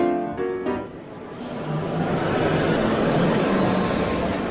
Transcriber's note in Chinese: Sound effect - Inside the job fair building